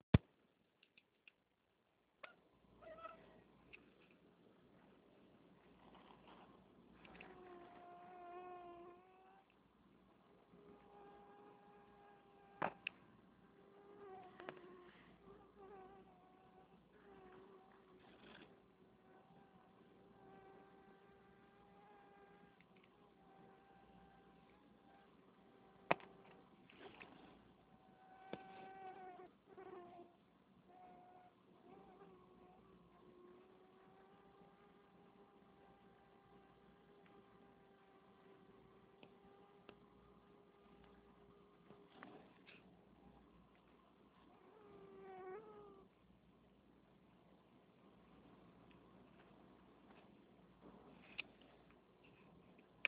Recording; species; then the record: mosquito flight sound by mobile phone; Anopheles freeborni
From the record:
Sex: female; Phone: Nokia 6555B